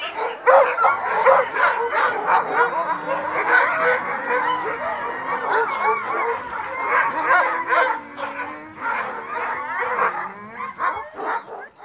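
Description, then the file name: Several dogs bark and yip at once in a busy, overlapping clamour, with drawn-out whines and howls sliding beneath the rapid barks. A pack of dogs barking. "Digiffects Sound Effects Library - Pack of Dogs Barking"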